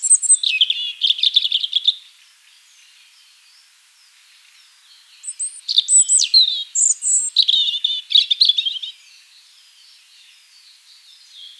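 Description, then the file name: European robin song, two separate phrases of high tinkling trills and thin whistles, about two and four seconds long, separated by a quiet pause. "Erithacus rubecula"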